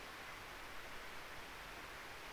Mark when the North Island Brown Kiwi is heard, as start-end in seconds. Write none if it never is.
none